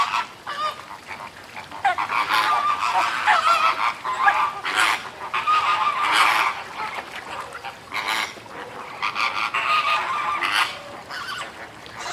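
Bird calls, a dense chorus of overlapping nasal honks running nearly continuously, with rapid uneven repeats.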